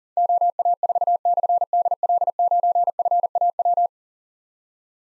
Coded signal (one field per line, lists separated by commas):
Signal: Morse code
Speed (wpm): 42 wpm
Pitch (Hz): 700 Hz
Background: none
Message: OA4/DL9FAW